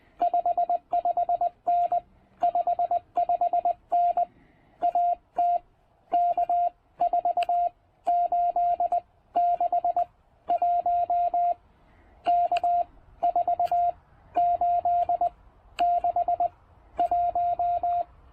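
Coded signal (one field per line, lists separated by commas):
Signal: Morse code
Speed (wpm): 20 wpm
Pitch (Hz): 700 Hz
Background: none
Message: 55N 55N AT K4861 K4861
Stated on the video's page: POTA QRP activation on 20 meters working DX, using Penntek TR-45L and PackTenna Mini end-fed half-wave antenna.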